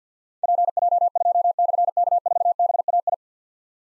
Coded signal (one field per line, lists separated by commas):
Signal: Morse code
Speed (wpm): 51 wpm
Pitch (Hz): 700 Hz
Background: none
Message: PJ2/K4BAI